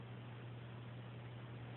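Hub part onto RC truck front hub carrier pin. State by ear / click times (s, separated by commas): not seated / none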